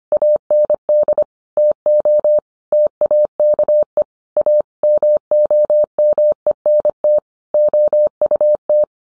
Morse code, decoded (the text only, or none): AND TO TAKE A MOMENT OUT